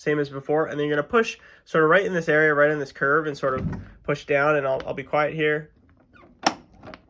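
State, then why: Seated. A laser-cut clipless hood latch on a Losi DBXL RC truck body is pushed down at its curve onto the body post after the holes are lined up. Someone talks, then after a quiet pause a sharp click at 6.5 s shows the latch has snapped shut and the body is seated on the post.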